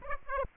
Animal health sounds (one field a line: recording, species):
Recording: mosquito wingbeat signal from an infrared sensor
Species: Aedes aegypti